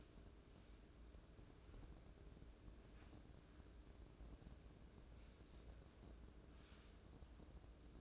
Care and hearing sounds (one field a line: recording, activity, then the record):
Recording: daily activity, microphone in the room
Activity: wipe stove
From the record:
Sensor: 2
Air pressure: 1012.2 hPa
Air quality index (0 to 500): 157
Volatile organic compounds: 2 ppm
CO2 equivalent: 1148 ppm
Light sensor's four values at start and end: 435/1147/428/459 and 437/1148/429/460